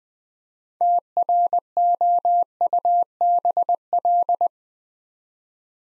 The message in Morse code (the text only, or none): TROUBL